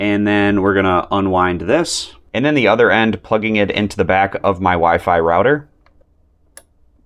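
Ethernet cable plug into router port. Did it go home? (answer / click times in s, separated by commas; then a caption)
yes / 6.6 s. Someone talks while unwinding an ethernet cable, then pushes its plastic RJ45 plug into the back of a Wi-Fi router. After a few faint taps, a sharp click at 6.6 s marks the plug latching, seated in the router port.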